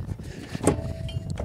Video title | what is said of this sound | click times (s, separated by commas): Tractor Rotary Cutter Setup (Pt. 1/2) | now I want to make sure that pin is snapped into place so we know that it's secured | 0.7 s